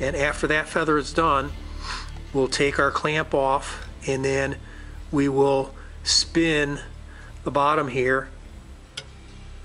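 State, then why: Seated. Someone talks while an arrow shaft sits in a fletching jig and the jig's bottom is rotated to turn the shaft to the next feather position. A short, sharp click at 9.0 s marks the detent snapping the rotating index into its position, followed by a faint tick near 9.7 s.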